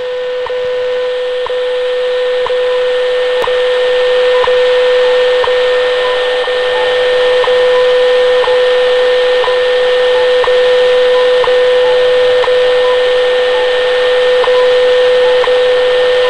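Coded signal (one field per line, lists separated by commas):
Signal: radio time signal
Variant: WWV and BPM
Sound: steady low tone broken by sharp ticks every second, faint extra beeps alongside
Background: radio static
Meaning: Each tick marks one second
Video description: WWV (Fort Collins, Colorado) and what I believe is BPM (Xi'an, China) as well as a second time signal beep I don't recognize heard alongside the other two. Recieved on 10 MHz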